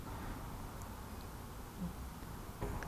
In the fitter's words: You hear a click, and that tells you that you can unplug this.